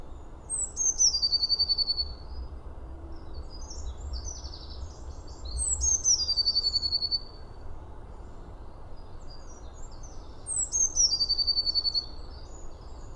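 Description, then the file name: Eurasian blue tit calling three times. Each phrase is a high, thin descending note running into a rapid beaded trill, repeated roughly every five seconds against constant low rumble. "Cyanistes caeruleus"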